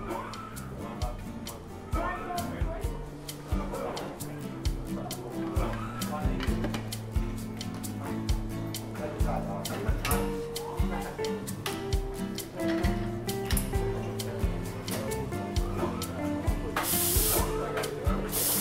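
Seaside cafe ambience with a steady bed of chatter and clinking, dense with frequent sharp taps and clatter throughout. A low, tonal hum and melodic notes run underneath, and around seventeen seconds a brief hissing burst, like spray, cuts in.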